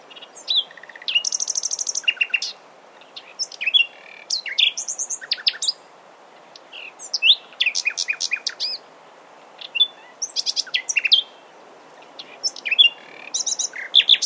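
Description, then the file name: Common nightingale song: rapid varied phrases of sharp high chips, buzzy rattles and brief whistles, delivered in bursts separated by short pauses. "Luscinia megarhynchos"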